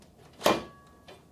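The split drive shaft section of a Hyundai HYBC5080AV petrol brush cutter is pushed into its quick-release coupling deliberately out of position, then rotated until the locking plunger's square peg drops into the square hole. A sharp, bright click at 0.5 s fades over a short tail, followed by a fainter tap near 1.1 s. The shaft halves are seated and locked together.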